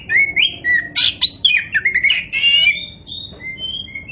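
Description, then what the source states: Oriental magpie-robin singing a rich, varied run of whistled, slurred notes mixed with sharp buzzy bursts, fading to a few thin whistles at the end. Oriental magpie-robin (kacer), poci form, described as gacor, a bird singing continuously and vigorously.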